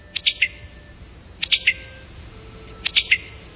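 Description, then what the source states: Summer Tanager call: a sharp three-part pit-de-tuck note, repeated three times about every one and a half seconds against quiet background. Pit-de-tuck call note, given by both male and female.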